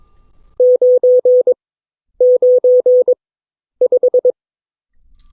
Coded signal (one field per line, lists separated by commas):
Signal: Morse code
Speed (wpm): 22 wpm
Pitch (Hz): 500 Hz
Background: none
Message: 995